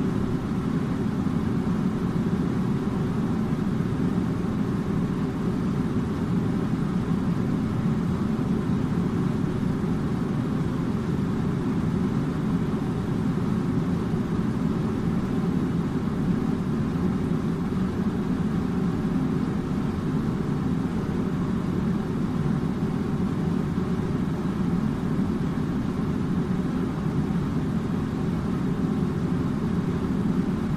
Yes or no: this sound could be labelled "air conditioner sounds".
yes